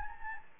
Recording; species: mosquito wingbeat signal from an infrared sensor; Anopheles gambiae